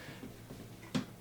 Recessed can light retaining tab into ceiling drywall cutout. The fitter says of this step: can feel it it kind of snaps into place